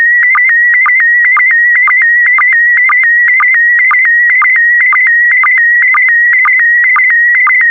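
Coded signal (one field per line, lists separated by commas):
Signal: SSTV (slow-scan television)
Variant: PD120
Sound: warbling whistle around 2 kHz with rapid regular low blips, steady rhythm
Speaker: transmission complete you can now check your decoded image against the picture that is shown on the video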